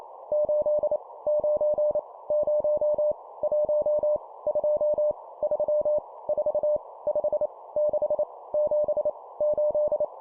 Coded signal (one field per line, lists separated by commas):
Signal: Morse code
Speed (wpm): 28 wpm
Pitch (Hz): 600 Hz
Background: none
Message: 8 9 0 1 2 3 4 5 6 7 8